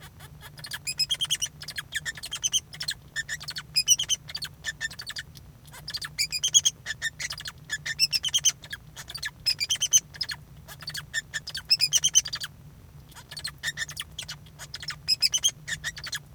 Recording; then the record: song of a male Bengalese finch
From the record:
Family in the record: son of father 2